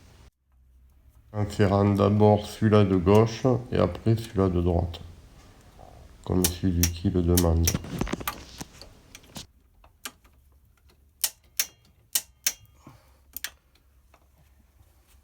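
Someone talks, then a torque wrench set to 23 Nm tightens the clamp screws on a Suzuki motorcycle fork, the left screw first and then the right, as Suzuki specifies. Sharp clicks are heard at 11.2, 11.6, 12.2 and 12.5 seconds as the wrench breaks over at its setting.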